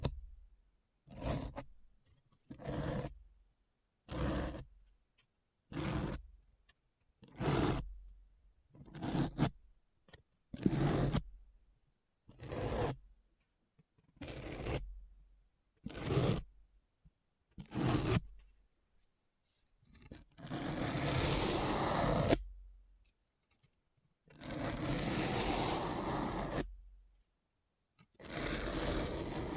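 Deep scratching sounds come in short, regular bursts about every second for twenty seconds, then two longer, rougher scrapes follow with silent gaps between.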